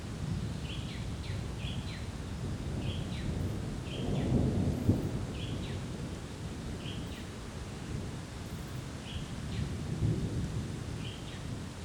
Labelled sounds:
Black-and-white Shrike-flycatcher (Bias musicus)
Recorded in Kibale, Uganda

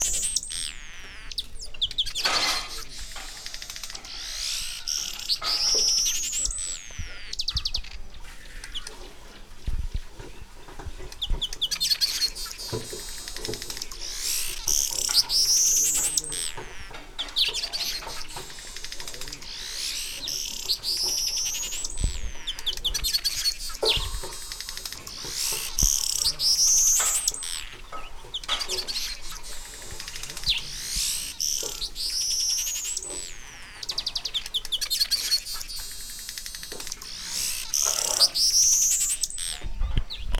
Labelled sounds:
Village Weaver (Ploceus cucullatus)
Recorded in Lake Mburo, Uganda

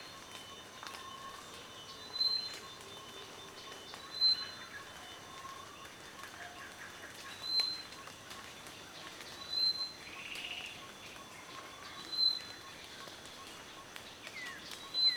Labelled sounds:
Jameson's Wattle-eye (Platysteira jamesoni)
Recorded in Kibale, Uganda

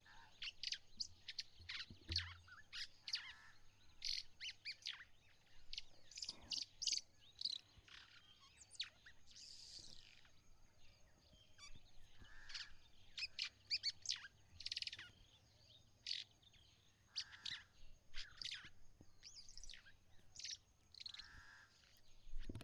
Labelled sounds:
White-browed Sparrow-Weaver (Plocepasser mahali)
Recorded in northern Uganda

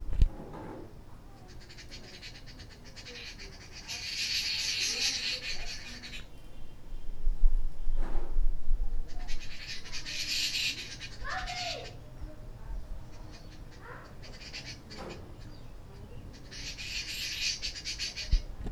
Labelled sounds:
Arrow-marked Babbler (Turdoides jardineii)
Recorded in Lake Mburo, Uganda

